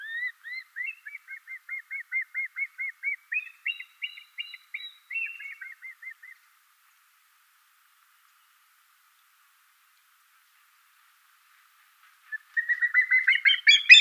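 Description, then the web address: Common black hawk giving a rapid series of shrill whistled notes for about six seconds, higher in the middle, then silence and another burst near the end. Call, southeastern Arizona. "COBH-call common-black-hawk-in-se-az"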